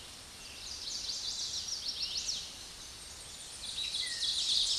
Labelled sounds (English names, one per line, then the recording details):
Chestnut-sided Warbler song
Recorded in a Pennsylvania forest on 16 May 2024 at 06:06
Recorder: AudioMoth, point MSD-2058
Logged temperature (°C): 11.8 °C
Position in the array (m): 41 m, 30 m